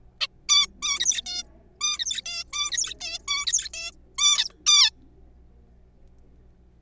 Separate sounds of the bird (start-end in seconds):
0.21-0.27, 0.49-0.67, 0.82-0.99, 1.00-1.22, 1.26-1.42, 1.81-1.99, 1.99-2.21, 2.25-2.44, 2.52-2.70, 2.72-2.94, 3.00-3.18, 3.28-3.46, 3.47-3.68, 3.74-3.91, 4.18-4.49, 4.67-4.91